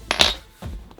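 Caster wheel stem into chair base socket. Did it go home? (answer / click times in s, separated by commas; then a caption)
yes / 0.1 s. A plastic caster wheel stem on an EwinRacing Heavy Duty Gaming Chair (rated 400 lbs) is pushed by hand into its socket in the chair's star base, with just a little pressure and no tool. A sharp click at 0.1 s is followed by a brighter snap just after, then a softer thud and faint ticks. The caster clicks in and is seated.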